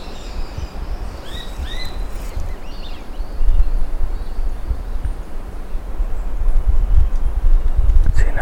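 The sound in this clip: Bird calls, a couple of short upslurred chirps near the start, over steady low rumbling noise.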